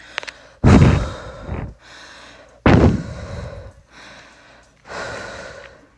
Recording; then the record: deep breathing after running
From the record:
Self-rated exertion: vigorous exertion (4 of 6); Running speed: 6 miles an hour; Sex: female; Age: 18 years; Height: 171 cm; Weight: 75 kg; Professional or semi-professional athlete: no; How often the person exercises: 1 to 2 times a week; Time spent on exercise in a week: under 1 hour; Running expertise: no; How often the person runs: 1 to 2 times a week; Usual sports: running, fencing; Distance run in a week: 3 km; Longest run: 21.3 km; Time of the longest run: 190 minutes